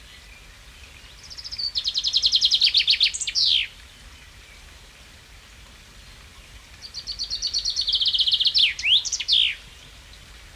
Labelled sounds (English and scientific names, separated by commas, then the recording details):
Common Chaffinch (Fringilla coelebs)
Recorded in the wild
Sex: male
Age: adult
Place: Vilmnitz, Insel Rügen, Mecklenburg-Vorpommern, DE
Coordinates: 54.3411, 13.5356
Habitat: briar
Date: 1979-06-21 11:04
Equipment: ITT Schaub-Lorenz Studio Recorder 72, Verstärker, Sennheiser MD 421 HL, Kopie Uher 4200 Report
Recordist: Tembrock, Günter